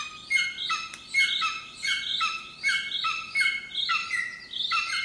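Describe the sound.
Bird calls, rapid and harsh, buzzy notes layered over a thin whistled tone, repeating quickly and almost overlapping against a low hiss.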